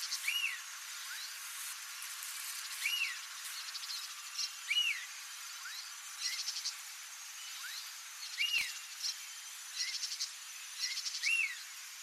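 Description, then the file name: Large elaenia giving a short arched note repeated several times over a steady insect drone. "Canto do guaracava grande"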